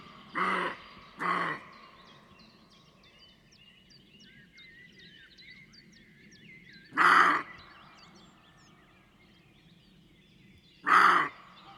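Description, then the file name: Roe deer giving loud, rough barks: two quick ones close together, a long pause, then two more spaced about four seconds apart, over steady birdsong. "Capriolo da xenocanto"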